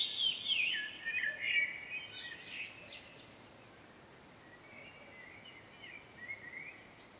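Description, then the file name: Common blackbird song: a loud rich warbled phrase opens, followed by quieter, fainter fluty fragments trailing off over soft background hiss. "Turdus merula"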